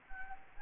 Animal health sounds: mosquito wingbeat signal from an infrared sensor; Anopheles arabiensis

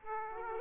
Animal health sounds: mosquito wingbeat signal from an infrared sensor; Aedes aegypti

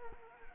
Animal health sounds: mosquito wingbeat signal from an infrared sensor; Anopheles arabiensis

